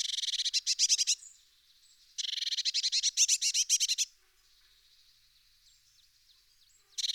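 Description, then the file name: Eurasian blue tit scolding with long rattling series of harsh, scratchy notes in two main bursts, a quieter pause, then another rattle beginning. "pimpelmees"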